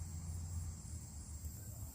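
A flipped plastic mower part is being pressed firmly into its housing on a Yard Machines push mower with a Briggs and Stratton 6.75 Powermore engine. Only a steady low rumble and faint high-pitched hiss are heard, with no sharp clicks. Nothing has snapped or seated yet.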